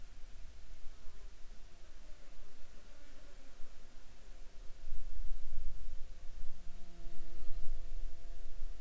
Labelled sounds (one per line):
insects